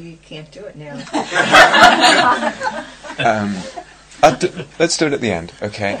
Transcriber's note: laughter